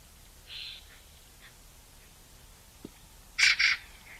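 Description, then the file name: Eurasian magpie call, a soft grating note, then after a pause a loud harsh double rasp near the end. "Pica pica"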